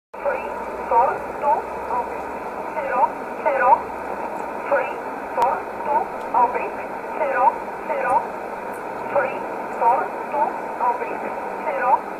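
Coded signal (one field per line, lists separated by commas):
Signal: numbers station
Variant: E11 Oblique, English voice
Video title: 24 06 2020 E11 Oblique Numbers station in English 0746 on 15720 unknown tx site in USB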